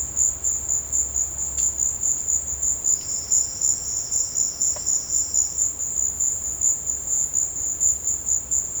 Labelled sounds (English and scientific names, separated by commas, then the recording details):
none
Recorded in dense forest near Puerto Asís, Putumayo, Colombia, on 19 March 2025 at 14:00
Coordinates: 0.481, -76.323
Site G088